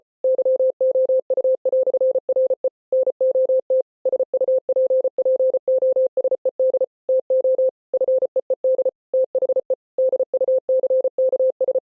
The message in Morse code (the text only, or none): YOU"RE NOT SUPPOSED TO FEED THE DUCKS